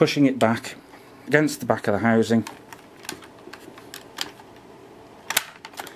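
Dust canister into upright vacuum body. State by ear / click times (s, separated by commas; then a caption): seated / 5.4 s. A dust canister is lowered onto the rubber seal at the bottom of a 2017 Dyson Light Ball Multi-Floor upright vacuum cleaner (UK) and pushed back against the back of the housing while someone talks. After a few small plastic knocks, it clicks into place at 5.4 seconds with a sharp snap, and the canister is seated.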